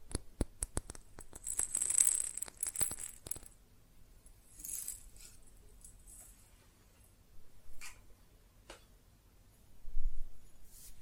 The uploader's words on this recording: ASMR Fast Tapping on GlassCeramic Objects (No Talking).